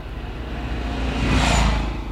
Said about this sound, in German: Achtung, da kommt das Auto.